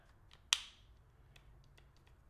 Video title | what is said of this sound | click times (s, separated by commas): NOT WHAT I EXPECTED!! Speck Presidio 2 Pro for iPhone 15 Pro Max | if you heard that little click that what it was so let's try that one more time and I'll put it up to the microphone so you guys can hear it | 0.5 s